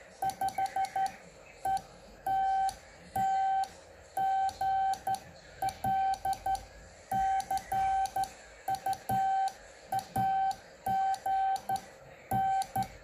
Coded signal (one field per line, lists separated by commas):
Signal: Morse code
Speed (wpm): 12 wpm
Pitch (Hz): 770 Hz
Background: none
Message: 5ETT GL CU AGN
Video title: CW ยามเช้ากับ E27DON CU AGN E25ETT EE #RadioByBoy